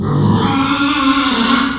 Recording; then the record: squeal of a Yucatan mini pig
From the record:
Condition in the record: after surgery on the right vocal fold (resection and tissue-engineered implant); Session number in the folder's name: 16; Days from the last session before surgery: 183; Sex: female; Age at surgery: 19 weeks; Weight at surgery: 25 kg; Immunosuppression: prednisolone